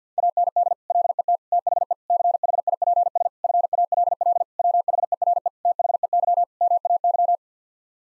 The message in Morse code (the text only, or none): AND LET THE CHIPS FALL WHERE THEY MAY